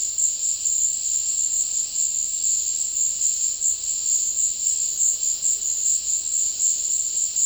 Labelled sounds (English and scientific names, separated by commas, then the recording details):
none
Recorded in dense forest near Puerto Asís, Putumayo, Colombia, on 19 February 2024 at 14:30
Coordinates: 0.485, -76.325
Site G6429